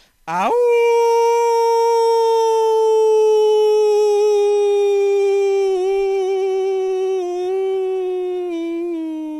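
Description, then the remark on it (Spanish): A person imitates a wolf howl: one long, loud, sustained note that swoops up at the start, then slowly slides downward in pitch for about nine seconds. “Me salió ahí del arma porque no hace mucho que no aullo, pero justamente me di cuenta de esa falencia mía, entonces al ponerlo así al aire me estoy obligando a mí mismo, ¿viste?”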